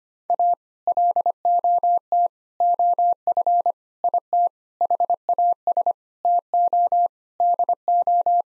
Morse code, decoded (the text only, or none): A LOT OF IT HAS TO DO